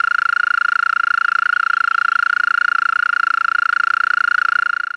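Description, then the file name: European mole cricket producing a continuous, finely pulsed purring trill, level and unchanging in pitch, with no other sounds heard. "Maulwurfsgrille"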